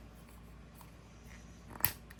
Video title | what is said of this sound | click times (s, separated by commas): Smashing the Ultra Cute Smashers Junior Dino Dig Stegosaurus | Hear that snap? That's wonderful. | 1.8 s